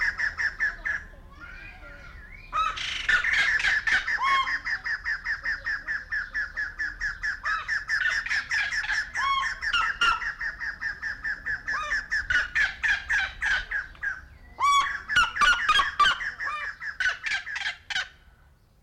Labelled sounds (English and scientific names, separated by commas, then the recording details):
Black-legged Seriema (Chunga burmeisteri) call
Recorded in captivity
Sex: pair
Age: adult
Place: Zoo Berlin, Berlin, DE
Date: 1994-05-28 11:43
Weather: bedeckt, 12-15°C
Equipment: Marantz CP 430, Sennheiser ME 80, Kopie Uher Variocord 263
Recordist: Tembrock, Günter